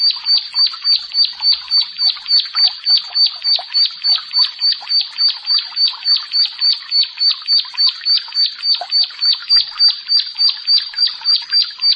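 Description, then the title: Bar-winged prinia song: a steady run of bright, sharp chirps, about three or four each second, evenly spaced and unbroken throughout. "Ciblek Sawah"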